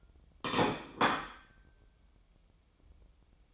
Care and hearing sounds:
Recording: daily activity, microphone in the room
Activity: place plate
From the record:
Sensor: 1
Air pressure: 988.6 hPa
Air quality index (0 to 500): 197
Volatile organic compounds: 938 ppm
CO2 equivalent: 5235 ppm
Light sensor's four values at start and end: 25/93/35/36 and 25/93/35/36

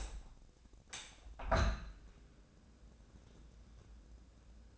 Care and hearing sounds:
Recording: daily activity, microphone in the room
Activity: open window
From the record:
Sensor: 2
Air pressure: 1012.2 hPa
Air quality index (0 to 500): 122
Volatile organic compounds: 1 ppm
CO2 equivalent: 906 ppm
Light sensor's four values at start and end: 110/264/109/107 and 108/259/107/106

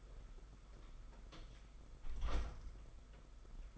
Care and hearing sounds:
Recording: daily activity, microphone in the room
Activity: close door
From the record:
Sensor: 5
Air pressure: 991.7 hPa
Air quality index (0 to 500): 133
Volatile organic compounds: 81 ppm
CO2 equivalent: 3619 ppm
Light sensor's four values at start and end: 33/110/41/44 and 33/110/41/44

